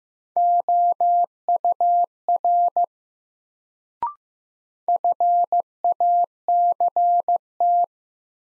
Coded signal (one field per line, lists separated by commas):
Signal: Morse code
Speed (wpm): 15 wpm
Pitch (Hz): 700 Hz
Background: none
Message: OUR FACT